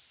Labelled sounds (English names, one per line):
Prairie Warbler flight call